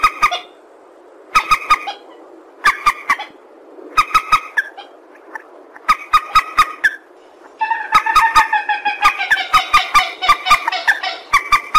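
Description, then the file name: Purple swamphen in spaced bursts of nasal notes, then a long rapid cackling series toward the end, with clicks. "tieng trich re keu"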